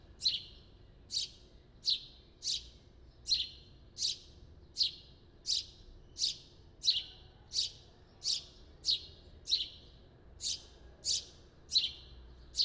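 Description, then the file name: House sparrow chirping: a steady series of short, bright, downward-sweeping chirps, roughly one every three-quarters of a second, over a faint low hum. "Passer domesticus"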